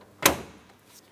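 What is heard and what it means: An electronic cooling fan shroud assembly on a 2008-2016 Chrysler Town & Country 3.8L V6 is aligned and pressed down onto the radiator mounts. A sharp plastic retaining click sounds at 0.3 s and decays quickly into quiet background. The fan assembly is seated, with the clicks heard from both sides.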